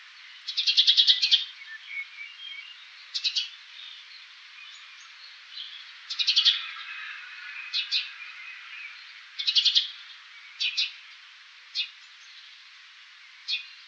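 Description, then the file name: House sparrow chirping: bright, rasping chirps given in short bursts every one to three seconds, some in quick doubled or tripled runs, with a steady faint hiss behind. "Passer domesticus"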